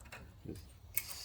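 A new metal anti-rattle clip for the rear brake pads of a 2007 Hyundai Azera is pressed into the caliper bracket. Several faint tick-like hits lead up to a sharp metallic snap at 1.0 s, and the clip is seated in place.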